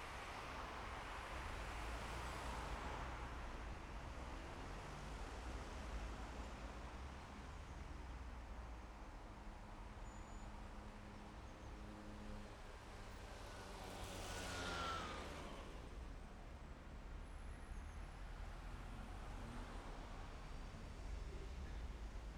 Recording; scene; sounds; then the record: everyday scene through a hearing-aid microphone; in traffic; traffic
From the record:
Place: main city hub, rush hour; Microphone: behind the ear, left, rear